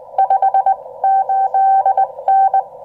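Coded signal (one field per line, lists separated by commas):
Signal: Morse code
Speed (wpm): 19 wpm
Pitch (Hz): 750 Hz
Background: none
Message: 58N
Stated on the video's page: 5 W QRP CW Parks on the Air activation from a Xiegu X6100 with an MFJ-1898 telescoping antenna, with cicadas audible.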